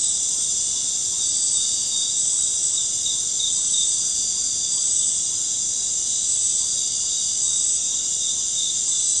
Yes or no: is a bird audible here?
no